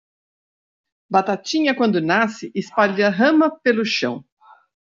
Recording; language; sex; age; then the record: short text; Brazilian Portuguese; female; 60 to 69 years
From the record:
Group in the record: control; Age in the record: 64 years